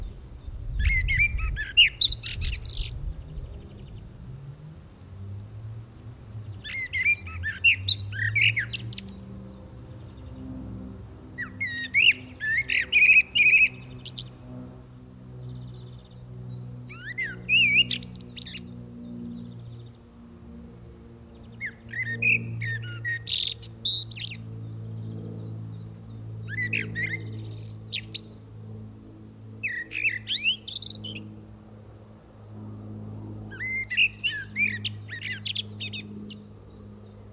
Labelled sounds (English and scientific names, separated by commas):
Common Blackbird (Turdus merula) song